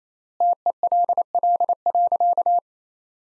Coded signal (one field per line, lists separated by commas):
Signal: Morse code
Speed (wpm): 28 wpm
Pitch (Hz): 700 Hz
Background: none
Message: TELL.